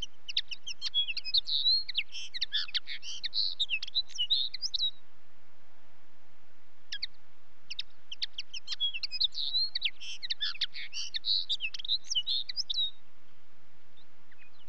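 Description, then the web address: Common linnet song: two long bursts of quick, varied twittering with chirps, trills and short buzzy notes, separated by a pause of about two seconds. "BBC Sound Effects Library. Linnet"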